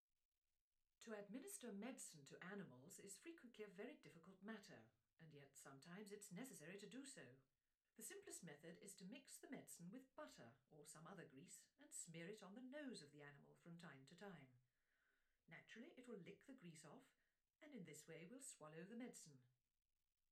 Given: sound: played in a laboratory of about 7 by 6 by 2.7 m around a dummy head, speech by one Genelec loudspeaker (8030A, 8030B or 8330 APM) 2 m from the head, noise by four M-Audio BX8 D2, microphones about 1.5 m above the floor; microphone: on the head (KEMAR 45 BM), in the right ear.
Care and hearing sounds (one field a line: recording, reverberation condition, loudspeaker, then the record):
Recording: female speech in English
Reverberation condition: low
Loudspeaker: 150 degrees to the right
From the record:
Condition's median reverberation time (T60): about 310 ms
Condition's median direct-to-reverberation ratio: about 3.5 dB